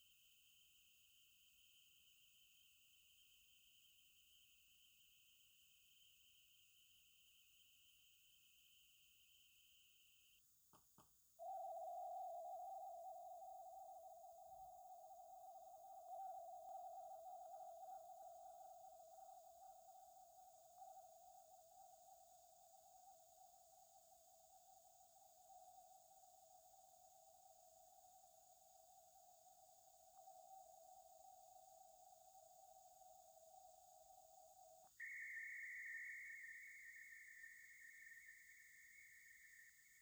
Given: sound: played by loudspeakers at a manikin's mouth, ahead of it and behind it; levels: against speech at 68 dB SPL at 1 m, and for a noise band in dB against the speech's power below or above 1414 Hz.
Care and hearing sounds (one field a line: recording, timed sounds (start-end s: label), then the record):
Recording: test signals for a remote microphone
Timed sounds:
0.00-10.38 s: noise band at 2828 Hz, as loud as that band is in speech
10.76 s: click
11.01 s: click
11.38-16.08 s: noise band at 707 Hz, -10 dB
16.08-20.78 s: noise band at 707 Hz, -5 dB
20.78-25.48 s: noise band at 707 Hz, 0 dB
25.48-30.17 s: noise band at 707 Hz, +5 dB
30.17-34.87 s: noise band at 707 Hz, +10 dB
34.99-39.69 s: noise band at 2000 Hz, +10 dB
39.69-40.02 s: noise band at 2000 Hz, +5 dB
From the record:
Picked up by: remote receiver E, fed by microphone B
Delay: 43 ms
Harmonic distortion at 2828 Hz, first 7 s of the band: under -13 dB (system noise only)